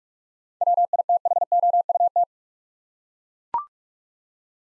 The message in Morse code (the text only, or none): WITHOUT